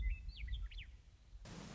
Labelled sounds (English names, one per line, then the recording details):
Western Meadowlark
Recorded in Sonoma County, California